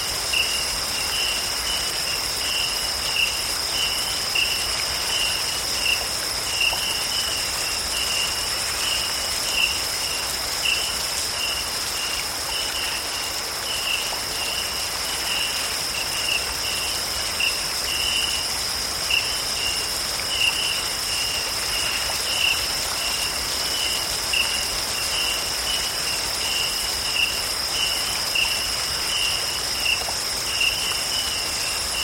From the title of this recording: natural sounds of rainfall against the trees, with chirping cicadas, frogs and birdsong